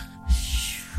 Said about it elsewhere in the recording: And these lullabies have a heartbeat in the background. And you hear how it starts with the heartbeat in the background? And the heartbeat is supposed to calm your animals.